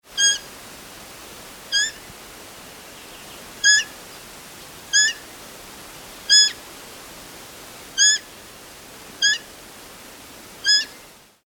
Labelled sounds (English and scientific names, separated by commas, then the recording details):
Little Owl (Athene noctua)
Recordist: Tembrock, Günter
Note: Rufe von Jungvögeln